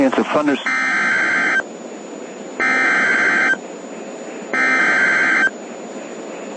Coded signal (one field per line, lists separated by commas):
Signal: Emergency Alert System (SAME) tones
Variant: header bursts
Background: speech